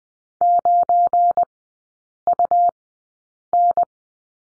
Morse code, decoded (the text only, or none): 9UN